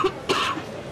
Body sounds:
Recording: coughing mixed with background sound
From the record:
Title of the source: 64 coughing, allergies, singing lungs

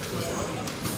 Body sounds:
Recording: coughing mixed with background sound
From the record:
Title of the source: Residual Phlegmy Morning Coughing and Gagging

